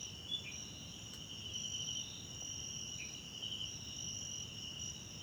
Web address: Tonschliff - SOUTH AFRICAN CRICKETS BG South Africa Wetland Park Kosi Forest Lodge Night